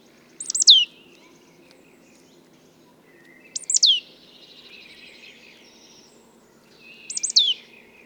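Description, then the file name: Marsh tit calling, explosive paired notes dropping from high to mid pitch, given three times about three seconds apart over a faint low rumble. "Poecile palustris"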